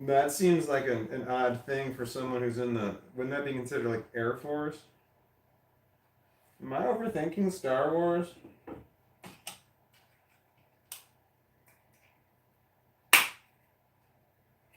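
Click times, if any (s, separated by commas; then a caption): 9.5 s, 10.9 s. Someone talks over the first several seconds while plastic Lego bricks are pressed onto one another. Short, sharp snaps are heard at 9.5 s and 10.9 s as the plastic toy bricks seat together with a satisfying snap, followed by a few more faint clicks and a loud bump near 13.2 s.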